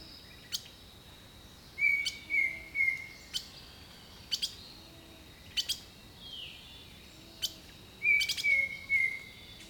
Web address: Echoes of Nature - Jungle Talk 01 Jungle Birdsong